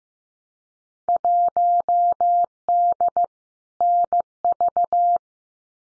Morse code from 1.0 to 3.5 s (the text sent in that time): 1D